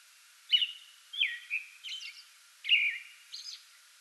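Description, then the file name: American robin song, a few clear whistled phrases separated by short gaps, each slurring downward, mixed with softer high chirpy fragments. Pre-dawn song bout recorded on 8 May 2022. "2022-05-08 American Robin pre-dawn song bout"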